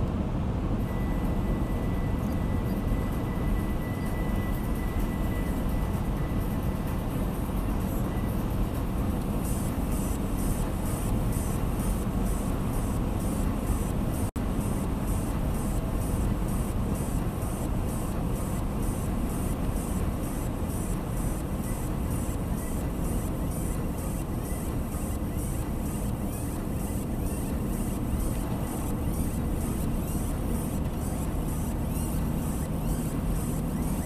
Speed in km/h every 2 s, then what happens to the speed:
95, 95, 95, 96, 97, 96, 97, 95, 93, 91, 87, 84, 80, 78, 79, 81, 83.
0-13 steady at about 96. 13-26 slows to 78.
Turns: none.